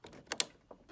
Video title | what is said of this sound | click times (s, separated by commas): EPSON WF3720 Cartridge Replacement | I pressed it we heard the latching sound everything should be okay so | 0.3 s, 0.4 s